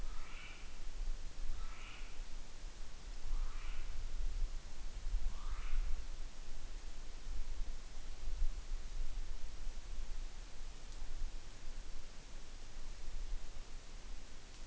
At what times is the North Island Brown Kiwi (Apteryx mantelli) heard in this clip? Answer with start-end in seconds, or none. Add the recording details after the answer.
0.00-6.29. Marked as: faintness 2/5. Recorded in New Zealand on 8 June 2014. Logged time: 02:19